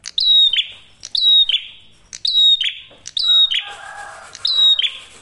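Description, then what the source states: Prinia song: five phrases, each a falling whistle, a level thin note and a buzzy end, with a lower chatter in the later part. Training recording for songbirds, red prinia (prenjak merah); clear, energetic song; other prinias join in at five seconds.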